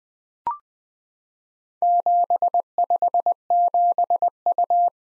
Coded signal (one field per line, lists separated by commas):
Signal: Morse code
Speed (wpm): 20 wpm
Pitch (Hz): 700 Hz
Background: none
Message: 757U